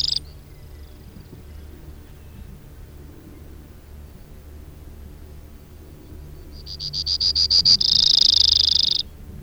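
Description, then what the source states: Brewer's sparrow song near the end: a quickening series of high notes that runs into a dense, buzzy trill, after a brief high note at the start and several seconds of near silence. Recorded 2 June 2001.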